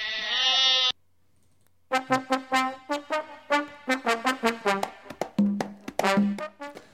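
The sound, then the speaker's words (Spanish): A Zaraibi goat, a goat breed from Tajikistan, gives one long wavering bleat, pauses, then breaks into a rapid run of short, pulsing, nasal bleats that stutter on in a steady rhythm, fairly loud with no talking; its birthing and pregnancy are being monitored. “Pobrecillo, las cabras Zaraibi ahí controlándoles el parto y la preñez.”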